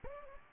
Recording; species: mosquito wingbeat signal from an infrared sensor; Anopheles gambiae